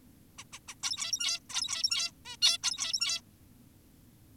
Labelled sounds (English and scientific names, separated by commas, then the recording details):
Zebra Finch (Taeniopygia guttata)
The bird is an adult
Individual g17y2U